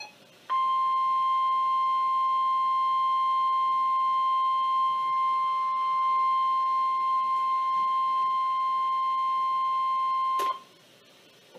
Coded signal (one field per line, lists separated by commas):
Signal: Emergency Alert System (SAME) tones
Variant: 1050 Hz attention tone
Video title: EAS #678 - Flash Flood Warning 7-10-2014